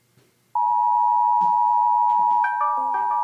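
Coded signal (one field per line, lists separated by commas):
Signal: Emergency Alert System (SAME) tones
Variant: 853 and 960 Hz attention tone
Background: music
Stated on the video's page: Flash flood warning alert issued by the National Weather Service in Little Rock.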